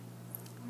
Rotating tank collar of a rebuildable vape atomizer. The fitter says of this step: el otro lado hace click y